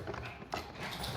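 A removable plastic brewing unit is pushed into a Philips LatteGo espresso machine with a slight twisting motion. A couple of faint knocks come first, then a quiet click at 0.5 s as the unit seats, because its click has become quieter over time. It then holds and does not come out when pulled.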